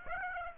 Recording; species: mosquito wingbeat signal from an infrared sensor; Aedes aegypti